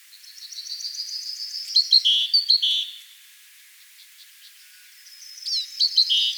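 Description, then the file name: Great tit calling, a quick series of thin high notes turning into louder chirps, then a pause and another burst of sharp notes. "Parus major"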